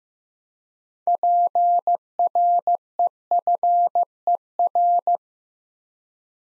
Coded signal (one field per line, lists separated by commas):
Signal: Morse code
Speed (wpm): 15 wpm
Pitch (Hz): 700 Hz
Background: none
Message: PREFER